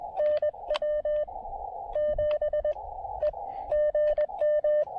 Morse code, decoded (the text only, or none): NW 7 E GM